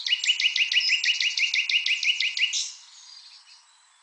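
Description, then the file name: Common nightingale song: a fast, even trill of many identical chirped notes over about two and a half seconds, ending in a short flourish before falling quiet. "Luscinia megarhynchos"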